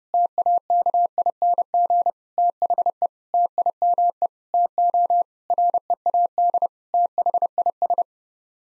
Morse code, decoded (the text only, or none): TAKING THE TIME TO READ THIS